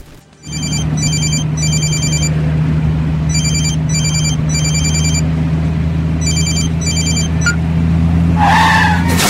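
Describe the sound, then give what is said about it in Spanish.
A mobile phone rings in quick repeated electronic bursts inside a car being driven, over the steady low drone of its engine, then tires screech sharply at the end. “Ese llamado cerró el negocio de tu vida. No uses el celular cuando manejes.”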